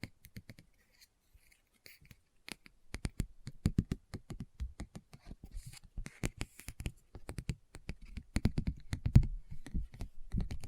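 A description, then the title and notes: Fingers tap and scratch on a book in quick, uneven bursts, sparse at first then dense after two seconds. Book Tapping, Scratching, Page Turning.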